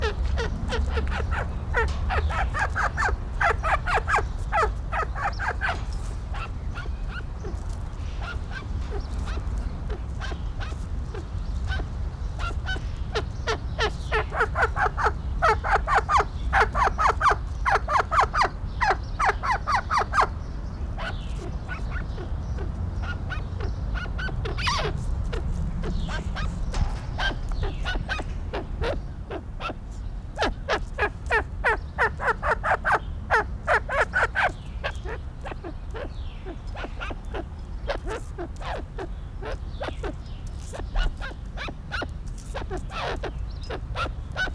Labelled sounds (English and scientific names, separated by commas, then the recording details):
Arabian Partridge (Alectoris melanocephala) call
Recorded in captivity
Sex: pair
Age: adult
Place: Tierpark Berlin, Berlin, DE
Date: 1994-06-18 11:49
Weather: bedeckt, 12-15°C, dann Regen
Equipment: Marantz CP 430, Sennheiser ME 80, Kopie Uher Variocord 263
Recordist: Tembrock, Günter